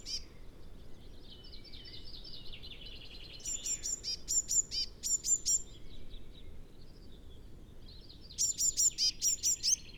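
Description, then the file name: Eurasian blue tit calls: a scratchy, buzzy run of notes, then bursts of crisp, very high repeated notes in two clusters. "Cyanistes caeruleus"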